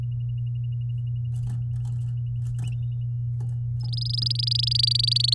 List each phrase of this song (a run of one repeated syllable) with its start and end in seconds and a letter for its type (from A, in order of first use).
3.80-5.34 A